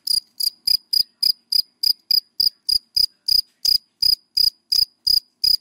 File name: Tieng de men de com de than keu